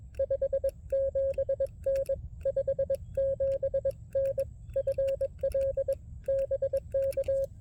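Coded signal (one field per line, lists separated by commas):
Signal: Morse code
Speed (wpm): 21 wpm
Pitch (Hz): 540 Hz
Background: none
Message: 57N 57N FL BK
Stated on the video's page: POTA park activation on 20m at 200mW output with CW Flea and Belka DX.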